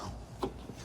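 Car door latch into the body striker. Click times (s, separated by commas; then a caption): 0.4 s. The door of an old Mercedes W116 280SE sedan, which sat seven years in the US desert, is swung shut and its latch catches on the body striker. A single solid click lands at 0.4 s over low background noise, and the latch is seated with the door closed.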